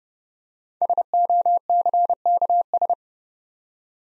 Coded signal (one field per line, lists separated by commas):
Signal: Morse code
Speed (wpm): 30 wpm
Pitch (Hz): 700 Hz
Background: none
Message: SOCKS